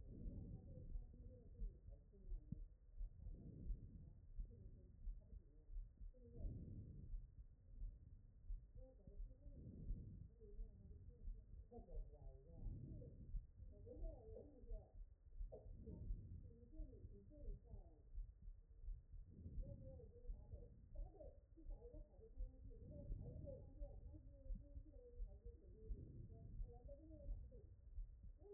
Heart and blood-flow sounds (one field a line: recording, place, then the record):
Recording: heart sounds by stethoscope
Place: aortic valve (AV)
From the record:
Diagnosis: non-HFrEF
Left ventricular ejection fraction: 58%